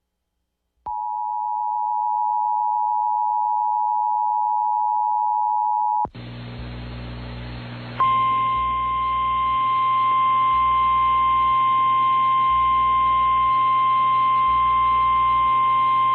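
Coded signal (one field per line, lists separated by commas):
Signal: Emergency Alert System (SAME) tones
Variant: 853 and 960 Hz attention tone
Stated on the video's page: Personally captured real alerts.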